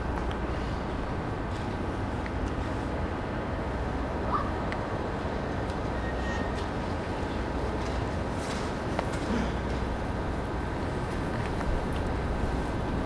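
On an early-morning station platform, a steady low rumble and hum runs without pause through all thirteen seconds, thick in the bass with faint tones held above it. Brief clicks and small bright sounds break in now and then, especially around the middle.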